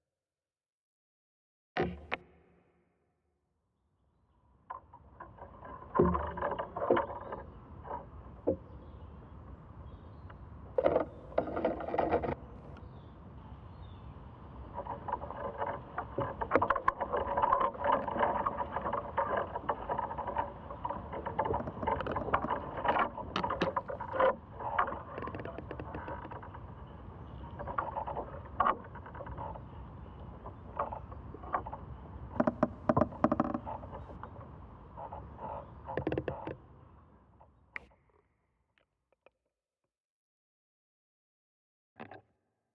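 Sounds from inside an ash tree: after a single knock, a dense, rumbling mass of creaks, knocks and crackles rises around five seconds and runs, thick and restless, until about thirty-seven seconds. Sharper bursts stand out throughout; then it falls silent, save one final tap.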